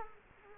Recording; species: mosquito wingbeat signal from an infrared sensor; Culex quinquefasciatus